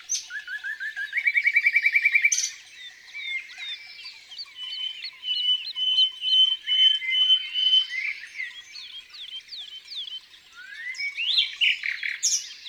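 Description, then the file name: Common nightingale song: a fast run of repeated notes, then a varied string of whistles, clicks and short sweeping phrases, with brief pauses between bursts. In the countryside. "Rossignol philomele Chants doiseaux dans la campagne"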